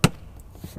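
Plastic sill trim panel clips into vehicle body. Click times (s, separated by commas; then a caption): 0.0 s. A plastic sill scuff trim panel is pressed back onto the vehicle body so its retaining clips engage. A sharp, loud snap at 0.0 s is followed by faint, softer knocks. The clips click home and the panel is seated.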